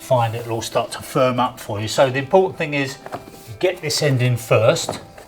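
Someone talks while handling a Karndean Palio Core rigid core click vinyl floor plank, lining its end joint up against the adjacent plank in the previous row. No clear impacts are heard. The clip ends before the plank goes home, so nothing has seated or clicked yet.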